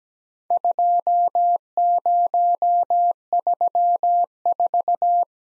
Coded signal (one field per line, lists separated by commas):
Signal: Morse code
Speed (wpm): 17 wpm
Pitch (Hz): 700 Hz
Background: none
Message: 2034